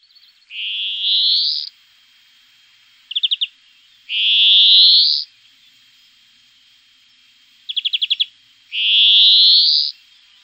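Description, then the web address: European greenfinch song: long, wheezy, buzzy notes that rise slightly, each about a second long, alternating with short, rapid, ticking trills. "Cants verdum"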